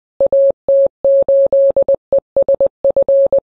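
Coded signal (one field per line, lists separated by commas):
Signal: Morse code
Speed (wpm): 20 wpm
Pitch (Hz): 560 Hz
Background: none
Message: AT8ESF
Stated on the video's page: Special event station at an amateur radio demonstration stall at a science fair.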